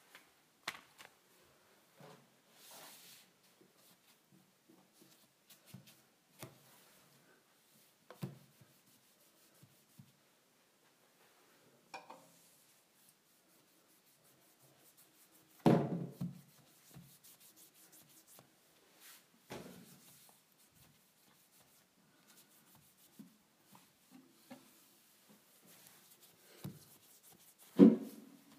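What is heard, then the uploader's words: A wipe is rubbed across a counter in sparse, scratchy strokes and soft taps, with louder swipes near 16, 20 and 28 seconds. ASMR Cleaning the Counter with a Wipe.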